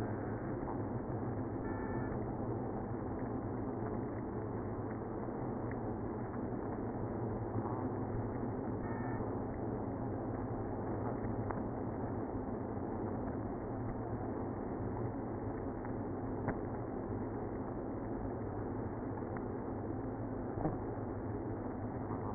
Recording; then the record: honeybee colony, microphone inside the hive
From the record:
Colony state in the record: queenless (queen removed); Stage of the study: after two queens were removed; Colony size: about 60,000 bees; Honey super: yes